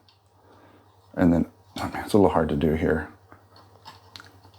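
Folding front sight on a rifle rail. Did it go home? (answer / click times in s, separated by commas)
yes / 4.2 s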